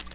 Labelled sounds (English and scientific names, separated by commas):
Tennessee Warbler (Leiothlypis peregrina) flight call